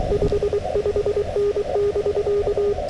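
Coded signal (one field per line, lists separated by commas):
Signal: Morse code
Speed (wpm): 23 wpm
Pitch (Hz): 410 Hz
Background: radio noise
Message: 55N <BK>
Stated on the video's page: SOTA summit activation on 40m CW in gale winds, Yaesu FTX-1F at 5W QRP, RHM12 screwdriver antenna, keyed with a BaMaKeY TP-III paddle.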